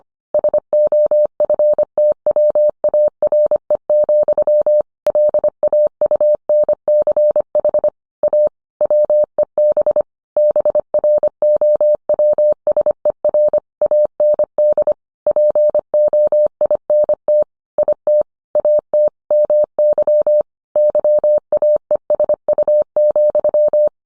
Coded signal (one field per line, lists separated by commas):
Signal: Morse code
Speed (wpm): 25 wpm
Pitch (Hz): 600 Hz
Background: none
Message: SOFTWARE, LAUNCH A WEB BROWSER AND POINT IT AT MY YAESU,